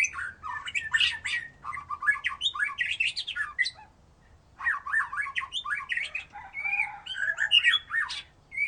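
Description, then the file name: White-rumped shama singing dense, varied phrases of harsh, chattering and whistled notes, broken by a brief pause midway before another rapid burst. "murai batu"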